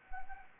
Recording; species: mosquito wingbeat signal from an infrared sensor; Anopheles gambiae